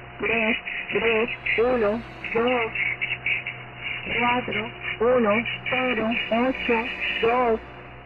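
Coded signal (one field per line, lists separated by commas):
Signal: numbers station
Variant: V02A, Spanish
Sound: a voice reading short clipped words over a narrow, hissy radio channel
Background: radio static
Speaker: décoder les nombres reçus de la station V02A plus connu sous son indicatif attention. Attention.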